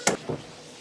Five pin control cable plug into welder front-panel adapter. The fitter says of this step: so you'll see there's a five pin adapter down here spin it until it clicks it's in there